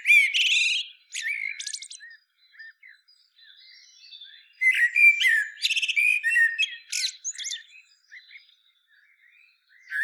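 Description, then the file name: Common blackbird song: a short squeaky burst, then a longer phrase of fluty notes and shrill twittering, with soft warbling in the pauses. "Turdus merula"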